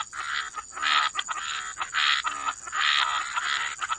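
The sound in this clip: Frog chorus of harsh, buzzy bursts repeated one after another, with quieter rattling pulses between them and a faint steady high tone.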